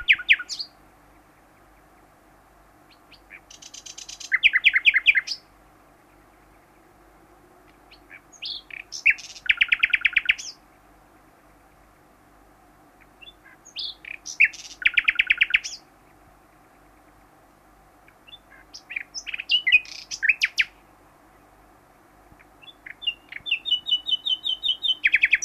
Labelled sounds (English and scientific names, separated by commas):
Common Nightingale (Luscinia megarhynchos) social call